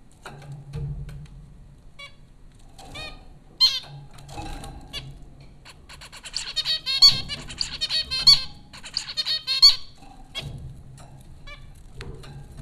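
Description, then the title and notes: Zebra finch calls, nasal harmonic beeps in scattered singles, then a dense chattering burst of rapid calls midway, with a steady low hum beneath. Zebra finches recorded by Dan Bodah at Popcorn School, Flatbush, Brooklyn, New York, in April 2009. "Dronecast: The Popcorn Finches Four from Apr 15, 2009. Zebra finches recorded by Dan Bodah at Popcorn School, Flatbush, Brooklyn NY in April 2009"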